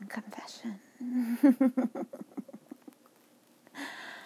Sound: giggles